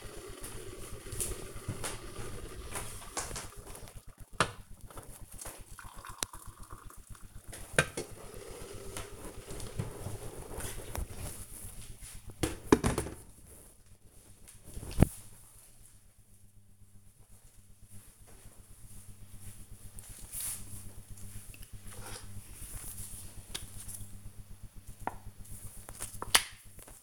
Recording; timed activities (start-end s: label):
household activities, microphone on the right wrist
0.00-12.67 s: making tea
20.75-27.03 s: cream hands